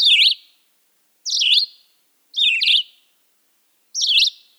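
Red-eyed Vireo song: four brief, high, burry whistled phrases, each slurring down and up, with uneven pauses between them.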